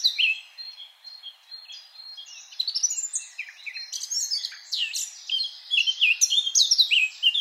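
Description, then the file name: Eurasian blackcap song, a rich, fast warble of varied chirps and fluty notes, with a loud opening, a quieter stretch, then building to loud, dense phrases in the second half. "Sylvia atricapilla"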